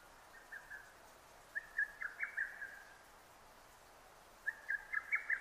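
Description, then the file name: Lesser cuckoo song: two quick staccato whistled phrases of rapid notes, sharp and clipped, about three seconds apart, with a fainter phrase at the start. Recorded 6 June 2009. "hototogisu-20090606"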